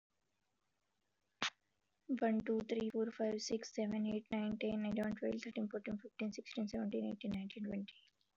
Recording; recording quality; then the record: counting at a fast pace; excellent, no background noise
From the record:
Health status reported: exposed to COVID-19, no respiratory illness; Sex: female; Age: 28 years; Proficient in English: no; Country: India